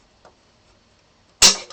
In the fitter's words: here the click all right that means it's on the other side of the uh